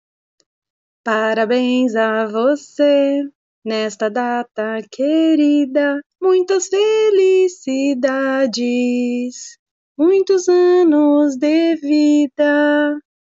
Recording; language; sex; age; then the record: short text; Brazilian Portuguese; female; 40 to 49 years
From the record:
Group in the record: control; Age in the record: 46 years